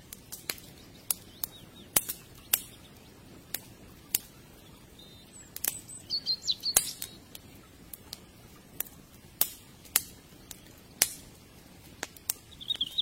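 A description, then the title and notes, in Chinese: A riverside campfire crackles and pops in sharp, irregular snaps every second or so over a low, steady rumble, with faint bright hisses now and then. 河边篝火。柴火堆里噼里啪啦的火苗声。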